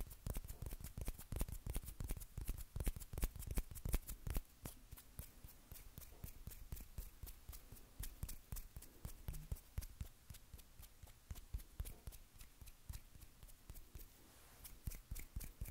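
Hand sounds made of rapid, crisp clicks and taps that sound like riffling or flicking. The first four seconds are loud and dense, then the taps turn softer and a bit more scattered but keep going steadily to the end.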